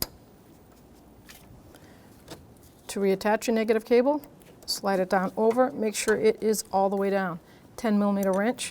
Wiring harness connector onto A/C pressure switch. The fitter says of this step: till it clicks